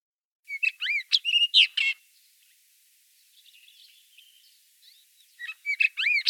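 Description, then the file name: Common rock thrush song: a quick run of varied whistles and buzzy notes, a quiet gap with soft twittering, then another brief burst of rapid song. "Pticy Rossii. Pyostryj kamennyj drozd Monticola saxatilis"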